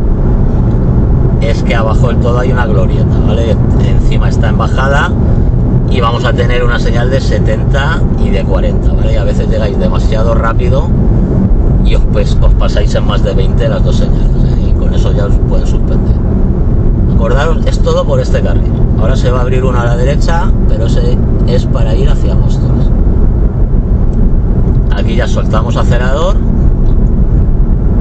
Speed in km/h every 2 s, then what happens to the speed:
90, 88, 87, 85, 83, 82, 81, 79, 79, 80, 80, 78, 75, 72.
0-14 slows to 79. 14-20 steady at about 79. 20-28 slows to 72.